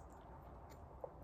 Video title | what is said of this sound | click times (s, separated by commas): AR15 Instruction Series PT3: Trigger Assembly | and it snaps into place. | 1.0 s